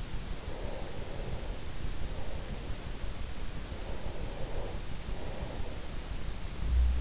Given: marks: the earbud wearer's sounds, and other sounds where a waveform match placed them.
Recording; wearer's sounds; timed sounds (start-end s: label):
sounds in sleep by an in-ear microphone; breath
0.31-3.05 s: breath
3.51-6.48 s: breath